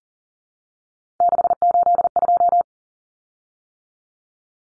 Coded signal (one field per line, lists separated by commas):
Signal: Morse code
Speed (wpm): 38 wpm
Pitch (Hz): 700 Hz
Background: none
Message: 682